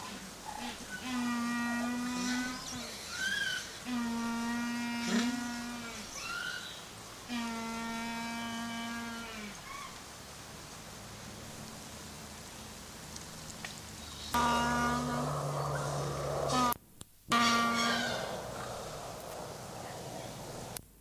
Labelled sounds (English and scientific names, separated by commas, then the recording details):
Humboldt Penguin (Spheniscus humboldti) call
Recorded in captivity
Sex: group
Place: Zoo Halle, Sachsen-Anhalt, DE
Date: 2003-10-16 17:20
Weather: heiter, ca. 5-6°C
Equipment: Fair Mate ST-1328 (Asahi Electronics, Japan), Sennheiser ME 80, Kopie Uher 4000 Report Monitor
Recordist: Tembrock, Günter
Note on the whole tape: Verschiedene Exemplare: Lautfolgen